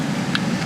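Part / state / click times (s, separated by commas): wiring harness connector into ignition coil / seated / 0.4 s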